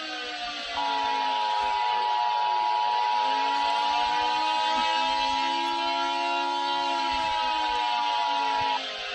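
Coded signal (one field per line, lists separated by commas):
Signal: Emergency Alert System (SAME) tones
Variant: 853 and 960 Hz attention tone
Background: music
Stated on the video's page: Fictional EAS scenario, not a real alert.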